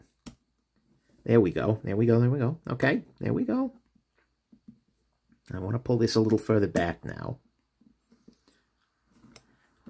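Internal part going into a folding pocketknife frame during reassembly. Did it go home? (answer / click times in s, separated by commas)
yes / 9.4 s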